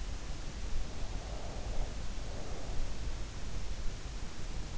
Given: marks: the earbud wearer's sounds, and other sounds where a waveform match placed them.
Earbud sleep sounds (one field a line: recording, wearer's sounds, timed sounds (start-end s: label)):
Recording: sounds in sleep by an in-ear microphone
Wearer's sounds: breath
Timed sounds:
0.95-3.05 s: breath